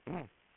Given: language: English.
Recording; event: throat vibration sensor signal played as sound; throat clearing